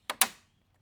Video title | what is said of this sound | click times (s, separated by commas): 10 Etsy Items That Transformed My Truck! | That thing's locked on there. It's not going nowhere. It doesn't really wiggle. | 0.1 s, 0.2 s